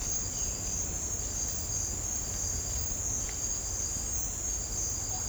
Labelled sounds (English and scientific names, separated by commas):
none